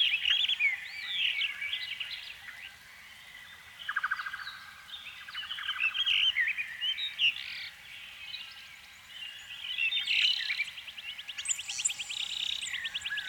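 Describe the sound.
Canary in full song: tumbling chirps and twitters, sudden rapid buzzy trills, then a long high rattling roll near the end.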